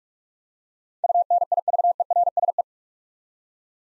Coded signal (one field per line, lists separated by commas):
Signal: Morse code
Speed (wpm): 43 wpm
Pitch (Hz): 700 Hz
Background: none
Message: UNIVERSE